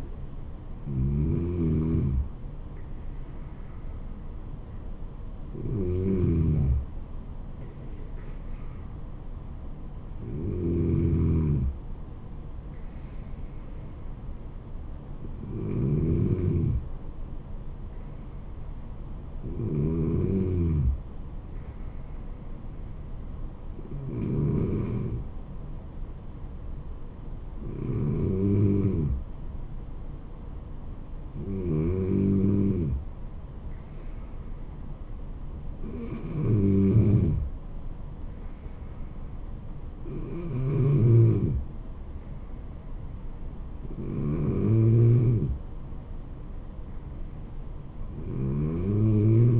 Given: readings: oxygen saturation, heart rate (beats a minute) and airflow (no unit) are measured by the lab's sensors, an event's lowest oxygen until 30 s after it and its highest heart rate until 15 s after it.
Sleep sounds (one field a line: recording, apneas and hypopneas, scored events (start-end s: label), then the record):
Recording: breathing in sleep by a smartphone at the bedside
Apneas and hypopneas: none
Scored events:
none scored
From the record:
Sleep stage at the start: N2 (light sleep)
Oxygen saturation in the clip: 94 to 96%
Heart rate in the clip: 69 to 76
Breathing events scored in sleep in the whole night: 426 in 7.4 hours asleep